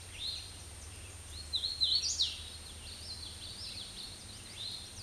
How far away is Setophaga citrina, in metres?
about 10 m